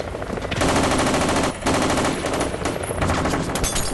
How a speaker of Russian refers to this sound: Мужчина ловко разворачивается и стреляет из автомата по кабине.